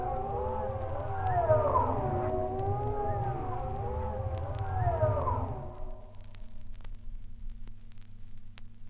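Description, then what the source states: Wolf chorus of overlapping, wavering howls for about six seconds, then fading out leaving a low steady hum. Wolves baying at the moon.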